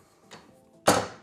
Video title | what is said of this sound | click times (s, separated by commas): Incredible Woodworking Tools That Are On Another Level - Compilation | they also lock into position | 0.9 s